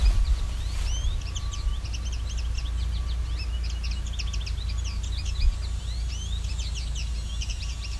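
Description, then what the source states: American goldfinch giving a long, rapid run of bright, twittering notes, many sharply rising or falling, nearly unbroken for eight seconds over a steady low rumble. Very talkative male, recorded while hiking a trail on the side of a drumlin, a small hill, in Westover, Ontario.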